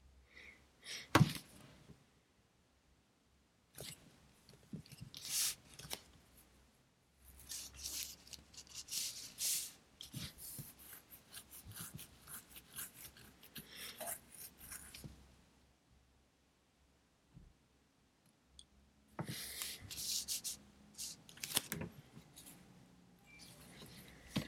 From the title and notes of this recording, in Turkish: Sessiz odada 30 dakika boyunca kurşun kalem ve bilgisayar ile ders çalışma; ortam sesleri, beyaz gürültü alt yapısı, kurşun kalem, klavye, mouse sesleri.